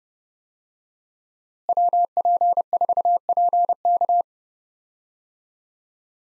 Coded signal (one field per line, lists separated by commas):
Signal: Morse code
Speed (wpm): 30 wpm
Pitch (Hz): 700 Hz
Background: none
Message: WP4PK